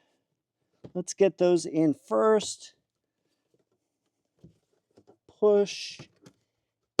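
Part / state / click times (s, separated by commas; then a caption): plastic trim clip into dashboard / seated / 7.0 s. A plastic dashboard trim piece on a Fisker Ocean is pushed so its clip snaps into the dashboard, giving one sharp, loud snap at 7.0 s. Someone talks before it, with a few faint taps and rustles in between. The clip seats in place.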